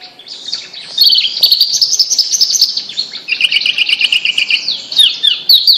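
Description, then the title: Bird song: quieter notes at first, then from about one second a continuous high, rapid twittering with fast trills and sharp chirps. "Kicau Burung Yoi"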